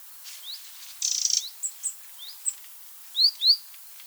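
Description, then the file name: Eurasian wren with a brief harsh rattling churr, followed by scattered high ticks and a pair of louder rising whistled notes near the end. "Troglodytes troglodytes"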